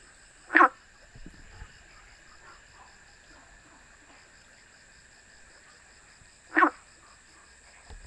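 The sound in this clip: Frog: two short calls about six seconds apart, with a steady high electronic whine throughout.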